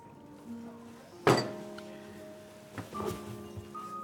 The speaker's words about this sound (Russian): потом наклоняется к столу и бьет по нему кулаком.